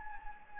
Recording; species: mosquito wingbeat signal from an infrared sensor; Anopheles gambiae